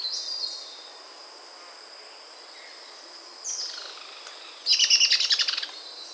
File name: Dusky myzomela